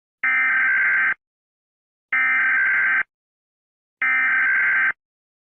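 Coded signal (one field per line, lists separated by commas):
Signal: Emergency Alert System (SAME) tones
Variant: header bursts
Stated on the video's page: Simulated EAS scenario of a 2032 asteroid impact, with attack warnings and evacuation orders.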